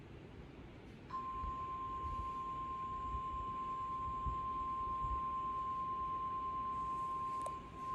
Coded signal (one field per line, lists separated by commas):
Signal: Emergency Alert System (SAME) tones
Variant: 1050 Hz attention tone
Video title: The Never Ending Storms 4! EAS Alerts from August 2nd to September 17th! [EAS #1,834 - #1,889]